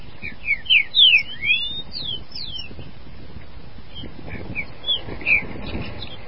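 Green-winged saltator song: a burst of loud, slurred whistled notes in the first three seconds, then softer, scattered whistles over a steady low background rumble.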